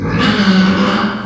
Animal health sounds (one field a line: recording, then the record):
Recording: squeal of a Yucatan mini pig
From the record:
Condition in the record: after surgery on the right vocal fold (resection and tissue-engineered implant)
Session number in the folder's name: 15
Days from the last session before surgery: 175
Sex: female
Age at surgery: 19 weeks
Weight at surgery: 25 kg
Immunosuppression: prednisolone